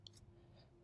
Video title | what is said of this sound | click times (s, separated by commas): Dell PowerEdge R330 RAID Overview - RAID Card Options - Installation - RAID Configuration - RAID 5 | So it just clips right in, nice and easy. | 0.1 s